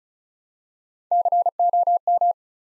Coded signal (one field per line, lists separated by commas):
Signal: Morse code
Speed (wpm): 36 wpm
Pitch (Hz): 700 Hz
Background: none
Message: COM